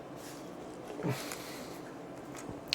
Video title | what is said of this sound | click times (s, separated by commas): Combo steering wheel lock unboxing and review | I think, yep, and now it's locked into place. | 2.7 s